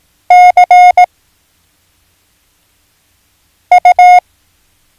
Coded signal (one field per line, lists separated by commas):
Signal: Morse code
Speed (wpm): 18 wpm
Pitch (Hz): 720 Hz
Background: none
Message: CU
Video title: Learn Morse Code - Lesson 4